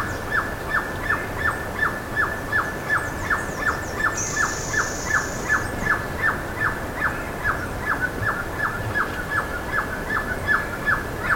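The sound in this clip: Bird calling in a fast, even series of short falling notes, nearly three a second, with a brief high hissing note partway through and faint high chips.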